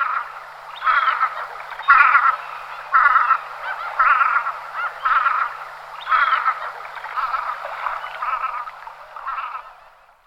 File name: turpan-hnědý